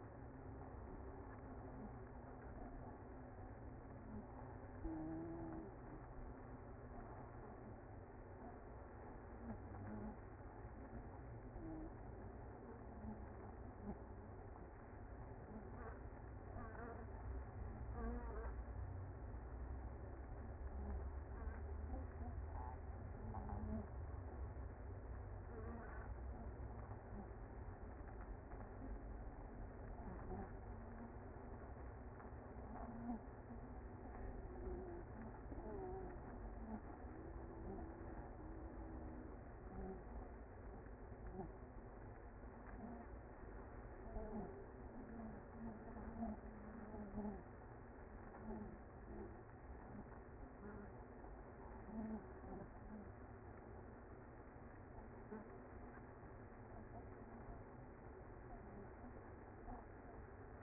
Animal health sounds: honeybee colony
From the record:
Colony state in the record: active

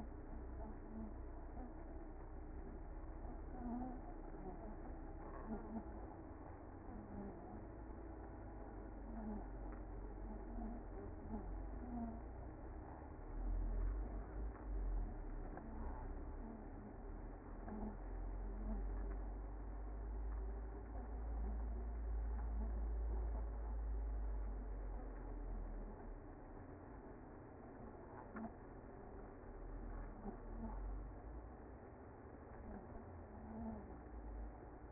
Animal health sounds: honeybee colony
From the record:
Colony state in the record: active

